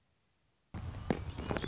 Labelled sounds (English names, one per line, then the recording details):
Anna's Hummingbird
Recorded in Sonoma County, California